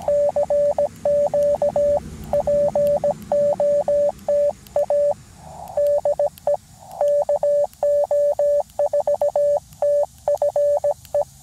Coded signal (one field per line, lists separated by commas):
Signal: Morse code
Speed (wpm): 17 wpm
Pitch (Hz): 580 Hz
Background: radio noise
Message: CQ POTA DE KO4TFE